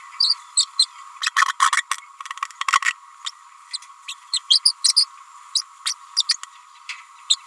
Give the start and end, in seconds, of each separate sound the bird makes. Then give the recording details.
0.19-0.36, 0.56-0.65, 0.78-0.87, 1.22-1.30, 1.36-1.46, 1.59-1.71, 2.82-2.94, 3.25-3.31, 3.73-3.77, 4.08-4.14, 4.32-4.40, 4.50-4.60, 4.64-4.73, 4.83-4.93, 4.96-5.07, 5.55-5.62, 5.85-5.94, 6.28-6.36, 7.29-7.37. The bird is a female. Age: 29 days. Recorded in a nest box in Venezuela. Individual 17B31A3